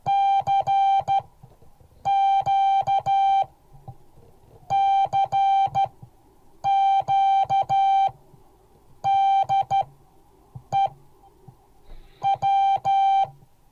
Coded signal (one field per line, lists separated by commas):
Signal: Morse code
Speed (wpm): 13 wpm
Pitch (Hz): 780 Hz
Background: music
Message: CQ CQ DE W